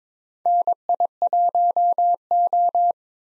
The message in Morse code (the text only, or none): NI1O